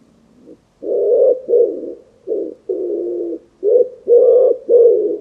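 Bird cooing, a series of deep, hoarse notes, short and long, separated by brief silences.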